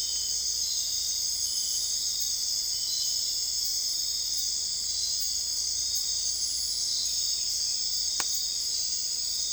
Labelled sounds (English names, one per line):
none